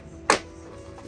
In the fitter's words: we go. You heard it. Snap right in.